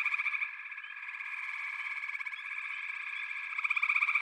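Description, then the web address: Frog chorus, continuous overlapping trills, quieter in the middle and growing louder with rapid pulses at the end. A chorus of frogs calling together. "Echoes of Nature - Frog Chorus"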